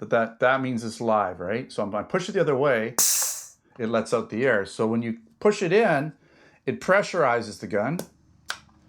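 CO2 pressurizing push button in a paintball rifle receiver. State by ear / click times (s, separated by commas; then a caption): seated / 8.5 s. Someone talks while working the cross-bolt CO2 air activation button in the receiver of an Umarex T4E TC 68 less-lethal paintball/training rifle, a push button that pressurizes the gun from the CO2 system when pushed in and lets the air out when pushed the other way. A brief broadband hiss is heard around 3.0 s. The button is pushed in and seats with a small, sharp click at 8.5 s, pressurizing the rifle.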